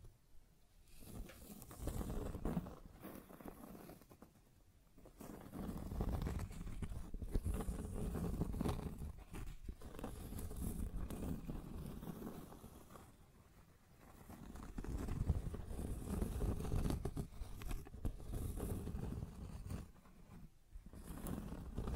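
Scratching and tracing sounds rub along in long passes, each stroke swelling and fading over a few seconds with brief quiet gaps near 1, 5, 13 and 21 seconds. The texture is coarse and grainy, weighted low with a rough hiss above, steady within each pass.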